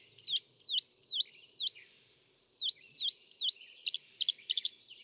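Northern mockingbird song: a high, down-slurred whistled note repeated seven times, then a quick buzzy chattering phrase repeated three times.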